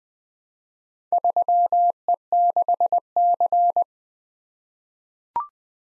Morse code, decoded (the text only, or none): 3E6C